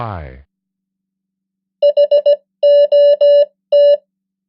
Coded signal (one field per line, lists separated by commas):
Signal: Morse code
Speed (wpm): 17 wpm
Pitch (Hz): 580 Hz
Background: speech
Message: HOT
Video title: 100 most common English words in Morse Code @15wpm (+ spoken English words!)